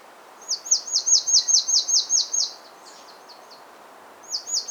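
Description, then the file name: Marsh tit giving a fast run of about ten high, clipped notes in even rhythm. After a short gap, a few more of the same notes begin. "Poecile palustris"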